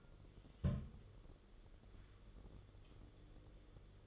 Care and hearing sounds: daily activity, microphone in the room; place on stove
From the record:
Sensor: 4

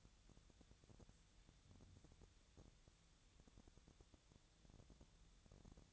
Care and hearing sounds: daily activity, microphone in the room; wipe stove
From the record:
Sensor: 3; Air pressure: 1000.5 hPa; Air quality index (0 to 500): 176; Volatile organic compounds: 3 ppm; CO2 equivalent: 1528 ppm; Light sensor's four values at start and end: 14/33/14/14 and 14/33/14/15

